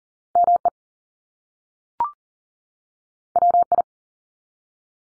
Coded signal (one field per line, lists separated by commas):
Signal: Morse code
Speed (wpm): 40 wpm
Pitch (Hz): 700 Hz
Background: none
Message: ME WI